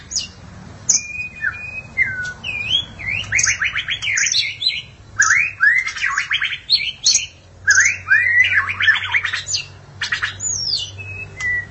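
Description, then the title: Magpie-robin or shama song: clear whistles alternate with rapid buzzy trills in repeated phrases, slurred notes rising and falling, a faint low hum underneath. "BM Suara Burung Murai"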